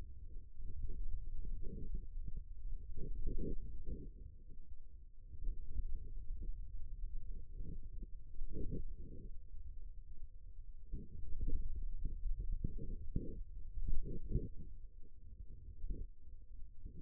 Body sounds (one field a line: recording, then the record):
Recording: forearm muscle sounds (acoustic myography)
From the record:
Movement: hand opening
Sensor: system 2, bracelet of six BSWA MPA416 microphones around the upper forearm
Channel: 3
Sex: male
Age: 22 years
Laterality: right